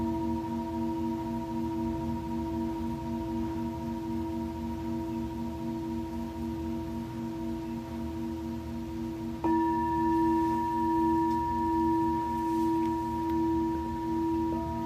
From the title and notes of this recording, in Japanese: シンギングボウルのサウンドヒーリング。チベタンシンギングボウル。